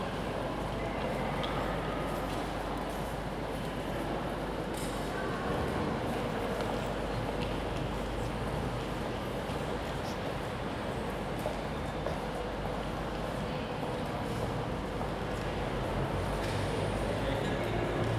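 Echoing station hall with a steady, dense wash of crowd murmur and low rail rumble, faint voices and brief bright whistle-like tones throughout.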